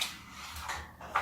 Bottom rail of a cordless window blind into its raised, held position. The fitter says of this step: and it locks in place just like that okay